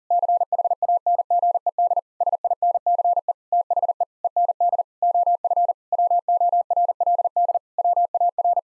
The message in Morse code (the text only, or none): CHANGED SINCE THE END OF WORLD WAR